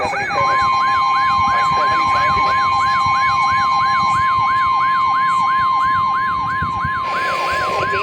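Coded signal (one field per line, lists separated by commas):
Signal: Emergency Alert System (SAME) tones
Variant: 1050 Hz attention tone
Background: speech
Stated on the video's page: Severe Thunderstorm Warnings received via NOAA Weather Radio.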